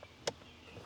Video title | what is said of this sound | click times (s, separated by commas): Fixing and Modifying my Straight Piped LML Duramax | Then plug the connector back in, wait for the click, | 0.3 s